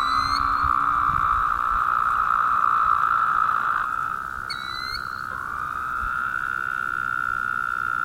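Woodhouse's toads trade overlapping, nasal buzzing calls, one fading as another begins with a slight upward slide, along with two bursts of high chirps.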